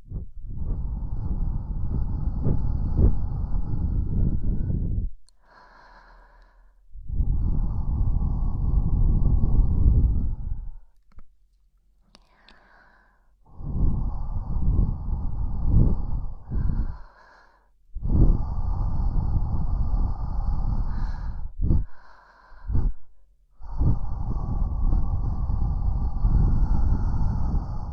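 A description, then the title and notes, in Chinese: Soft wind brushes close past the ear in gusts, each a low, rumbling rush lasting several seconds before dropping to near silence. The gusts come in uneven waves, with quiet pauses of a second or two, and sound breathy and close, like air brushing a microphone. 轻柔的风 拂过耳畔。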